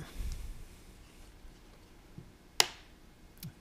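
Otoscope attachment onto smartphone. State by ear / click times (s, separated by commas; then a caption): seated / 2.6 s. An otoscope attachment is lined up on a smartphone and pushed on. A sharp, loud click at 2.6 s shows it has locked in place, with a few faint handling taps before and after.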